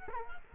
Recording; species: mosquito wingbeat signal from an infrared sensor; Culex quinquefasciatus